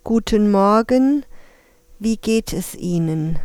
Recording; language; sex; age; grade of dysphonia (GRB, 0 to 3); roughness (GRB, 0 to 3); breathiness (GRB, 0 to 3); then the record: spoken sentence; German; female; 50 to 59 years; 0; 0; 0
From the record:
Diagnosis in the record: dysphonia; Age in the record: 51 years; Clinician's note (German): Ponogen, multifaktoriell